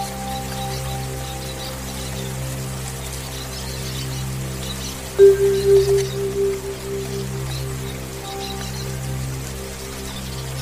Meditation music, soothing rain sounds, and distant thunder